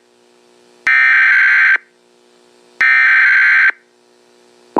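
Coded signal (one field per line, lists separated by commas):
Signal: Emergency Alert System (SAME) tones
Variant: header bursts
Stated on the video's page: Fictional EAS scenario.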